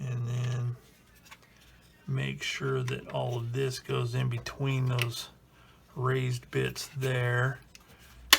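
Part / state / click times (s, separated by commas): plastic model kit part into aircraft fuselage/wing assembly / seated / 8.3 s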